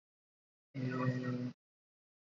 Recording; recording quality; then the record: sustained vowel as in made; excellent, no background noise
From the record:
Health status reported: healthy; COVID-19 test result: negative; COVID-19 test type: RT-PCR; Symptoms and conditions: fever, muscle pain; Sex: female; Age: 45 years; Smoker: no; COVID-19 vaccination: both doses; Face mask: worn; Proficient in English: yes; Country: India